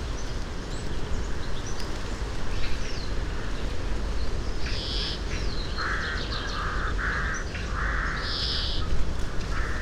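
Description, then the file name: European greenfinch wheezing twice, with a series of lower, blocky repeated notes, all over heavy low rumble. "Chloris chloris"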